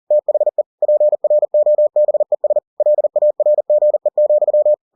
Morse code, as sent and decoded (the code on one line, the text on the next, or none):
- .... . / .--. .-. --- -... . ... / .-.. .- .-. --. . --..--
THE PROBES LARGE,